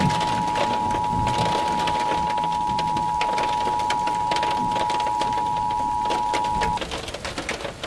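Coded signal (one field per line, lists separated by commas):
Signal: Emergency Alert System (SAME) tones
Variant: 853 and 960 Hz attention tone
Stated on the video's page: Fictional immersive EAS scenario.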